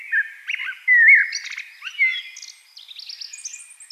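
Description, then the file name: Eurasian blackbird song: a loud mellow whistled phrase breaking into quieter rapid scratchy high twitters. "Turdus merula"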